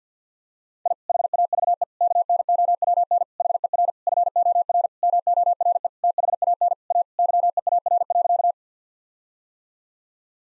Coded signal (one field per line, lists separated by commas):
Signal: Morse code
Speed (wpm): 50 wpm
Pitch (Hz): 700 Hz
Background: none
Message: I HAVE KNOWN HER FOR MORE THAN A YEAR.